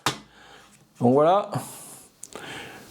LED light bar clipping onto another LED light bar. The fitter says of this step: elles peuvent se clipser les unes avec les autres donc